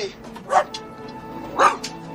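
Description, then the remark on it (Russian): A terrier, out of its cage, and a St. Bernard puppy in its cage bark while standing facing each other, two loud mid-pitched barks about a second apart, each trailed by a short yip, over a low steady background hum. “Стоя друг напротив друга, они лают.”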